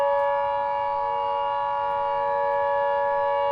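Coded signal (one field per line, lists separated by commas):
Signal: Emergency Alert System (SAME) tones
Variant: 853 and 960 Hz attention tone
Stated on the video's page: Entirely fake EAS scenario about a zombie apocalypse.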